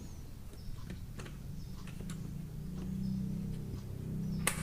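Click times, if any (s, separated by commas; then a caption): 4.5 s. The wiring harness plug is pushed into the power window switch socket of a Corolla Altis, with faint ticking and low hum beforehand. A sharp click at 4.5 s marks the connector seating in place.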